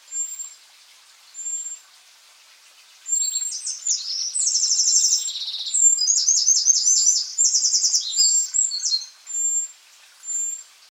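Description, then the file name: Eurasian wren song: after faint high notes, a long torrent of shrill, rapid trills and chatters pours out for about six seconds before giving way to thin calls. "Troglodytes troglodytes"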